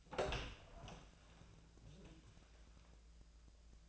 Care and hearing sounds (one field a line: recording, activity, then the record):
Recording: daily activity, microphone in the room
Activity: open door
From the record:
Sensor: 2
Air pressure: 1000.4 hPa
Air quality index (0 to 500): 174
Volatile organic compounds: 3 ppm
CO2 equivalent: 1446 ppm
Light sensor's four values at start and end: 9/22/9/10 and 9/23/9/10